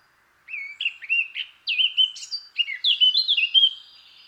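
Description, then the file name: Eurasian blackcap song: sweet, slurred whistled notes in a varied warbling phrase. "Sylvia atricapilla"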